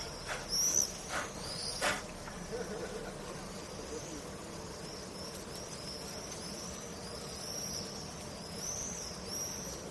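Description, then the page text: Swift screams, shrill and high, rising and falling in short arcs through the second half, after a few dull knocks early on, over a background hiss. "Стрижи - Пение стрижей"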